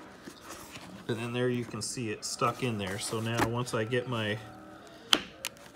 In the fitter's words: snaps back in place here it's back in there behind the little